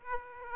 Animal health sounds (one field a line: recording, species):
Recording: mosquito wingbeat signal from an infrared sensor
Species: Aedes aegypti